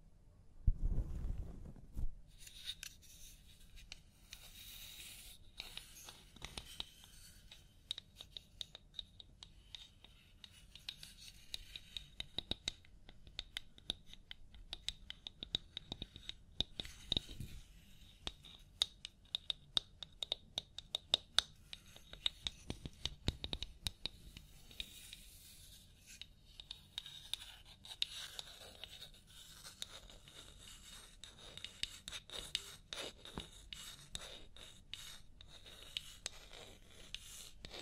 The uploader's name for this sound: Personal Attention Scalp Massage, Hair Wash